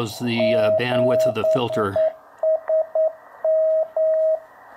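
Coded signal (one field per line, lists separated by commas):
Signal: Morse code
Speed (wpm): 9 wpm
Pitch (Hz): 640 Hz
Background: speech, radio noise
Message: GESM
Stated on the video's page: CW pitch and sidetone from an Elecraft KX3 demonstrating its SPOT and Auto-SPOT features.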